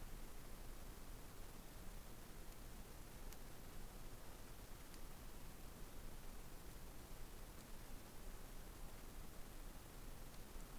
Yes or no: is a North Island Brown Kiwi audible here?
no